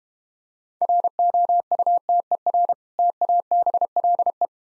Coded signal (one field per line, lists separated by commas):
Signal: Morse code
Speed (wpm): 32 wpm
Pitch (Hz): 700 Hz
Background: none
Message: ROUTER TABLE